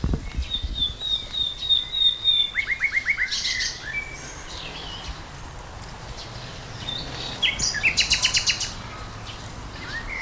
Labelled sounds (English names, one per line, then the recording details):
Common Nightingale song
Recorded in the wild
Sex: male
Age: adult
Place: Lübars (Fließtal), Berlin, DE
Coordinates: 52.6167, 13.35
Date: 2000-05-01 11:50
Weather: cloudy, 22°C
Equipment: Nagra SN, Kopie Uher 4000 Report Monitor
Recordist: Tembrock, Günter